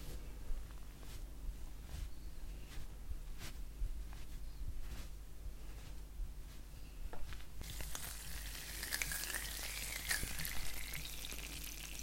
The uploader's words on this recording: Face massage (skincare, personal attention).